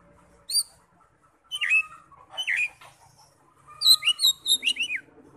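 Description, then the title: Oriental magpie-robin giving a few spaced whistled notes, then a quick cluster of sharp, bright slurred notes near the end. "Kacer"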